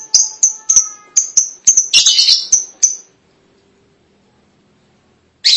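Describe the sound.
Lovebird calling with sharp, high-pitched chirps repeated rapidly for about three seconds, then silence before another abrupt shrill burst.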